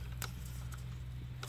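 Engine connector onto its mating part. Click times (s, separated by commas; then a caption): 0.2 s. An engine connector on a Mazda Tribute is pushed onto its mating part during reassembly after an intake gasket replacement, snapping and locking on with a sharp click at 0.2 s. A second, quieter tick follows at 1.4 s over a steady low hum, and the connector is seated and locked.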